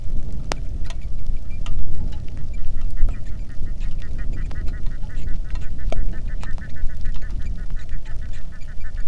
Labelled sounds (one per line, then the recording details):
waterfowl
wind
rain
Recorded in the Arctic National Wildlife Refuge, Alaska, on 3 August 2019 at 09:29
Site 46